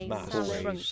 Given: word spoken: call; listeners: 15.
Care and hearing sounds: one English word in noise, from a listening test; four-talker babble; -1.3 dB; 0 of 15; 10 of 15; 0.52 s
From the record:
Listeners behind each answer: 10, 2, 1, 1, 1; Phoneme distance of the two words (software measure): 30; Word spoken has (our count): 1 syllable, 3 phonemes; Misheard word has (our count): 1 syllable, 3 phonemes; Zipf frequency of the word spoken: 5.54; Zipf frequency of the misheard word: 4.53

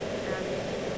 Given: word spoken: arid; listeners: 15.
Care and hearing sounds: one English word in noise, from a listening test; speech-shaped noise; -6.6 dB; 0 of 15; 8 of 15; 0.58 s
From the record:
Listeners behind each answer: 8, 2, 1, 1, 1, 1, 1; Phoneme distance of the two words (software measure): 17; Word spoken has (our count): 2 syllables, 4 phonemes, stress on syllable 1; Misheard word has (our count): 1 syllable, 3 phonemes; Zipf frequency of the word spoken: 2.98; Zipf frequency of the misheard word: 7.32

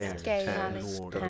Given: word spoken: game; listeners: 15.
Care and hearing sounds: one English word in noise, from a listening test; four-talker babble; 0.4 dB; 1 of 15; 7 of 15; 0.89 s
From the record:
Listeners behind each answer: 7, 2, 1, 1, 1, 1, 1, 1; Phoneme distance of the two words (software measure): 27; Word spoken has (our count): 1 syllable, 3 phonemes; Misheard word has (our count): 1 syllable, 4 phonemes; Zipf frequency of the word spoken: 5.54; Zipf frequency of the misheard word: 4.72

